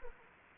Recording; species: mosquito wingbeat signal from an infrared sensor; Anopheles gambiae